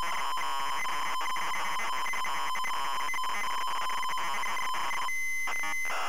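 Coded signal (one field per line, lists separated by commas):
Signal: ZX Spectrum tape loading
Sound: harsh rasping data screech with strong tonal harmonics, a short quieter break near the end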